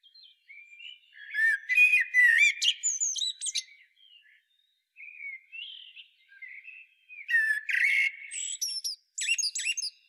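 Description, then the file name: Common blackbird song with two loud phrases of mellow whistles and high squeaky twitters, separated by quieter warbled notes. "Turdus merula"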